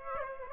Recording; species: mosquito wingbeat signal from an infrared sensor; Aedes aegypti